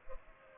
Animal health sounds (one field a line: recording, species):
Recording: mosquito wingbeat signal from an infrared sensor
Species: Culex pipiens